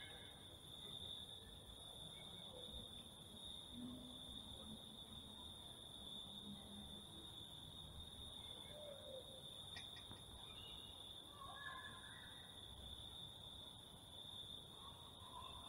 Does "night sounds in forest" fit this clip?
yes